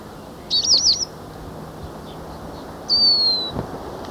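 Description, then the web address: Lesser goldfinch calls: a quick twittering jumble of high notes, then one clear, plaintive descending whistle, over steady low background hiss. Recorded in Ecuador. "Natures Songs S America Birds of Ecuador. Lesser Goldfinch"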